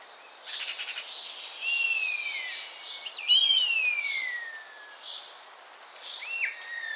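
Common starling giving a short buzzy rattle, then long drawn whistles sliding downward and a few brief squeaky notes against soft hiss.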